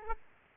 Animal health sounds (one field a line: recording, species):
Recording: mosquito wingbeat signal from an infrared sensor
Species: Aedes aegypti